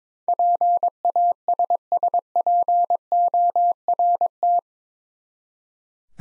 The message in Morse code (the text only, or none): PASSPORT